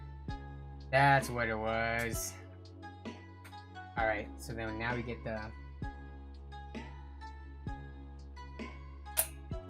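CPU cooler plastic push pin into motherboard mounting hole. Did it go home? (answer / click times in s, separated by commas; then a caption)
yes / 9.2 s. Someone talks over background music while pressing a plastic CPU cooler push pin into a motherboard mounting hole. A sharp, short click stands out at 9.2 s as the pin clicks in and seats.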